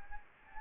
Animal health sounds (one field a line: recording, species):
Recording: mosquito wingbeat signal from an infrared sensor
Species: Anopheles gambiae